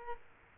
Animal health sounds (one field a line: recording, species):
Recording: mosquito wingbeat signal from an infrared sensor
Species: Culex quinquefasciatus